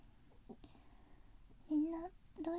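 A brief rising, squeaky gurgle lasting about half a second against quiet room noise: an ordinary stomach growl from an adult's abdomen.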